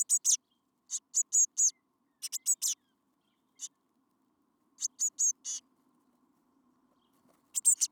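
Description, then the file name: Eurasian blue tit calling with bright, high-pitched chips in rapid groups of three or four, then a long silent gap before another burst near the end. "Cyanistes caeruleus"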